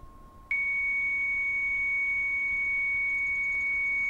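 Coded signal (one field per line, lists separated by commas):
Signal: 300-baud modem data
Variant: Bell 103, 300 baud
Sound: steady high carrier tone near 2.2 kHz, faint lower tone underneath, no warble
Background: faint background hum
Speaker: 1 300 bits per second 8 bits no parity 1 stop bit and if you play it what does that sound like and then we're gonna hear modulated tone here a second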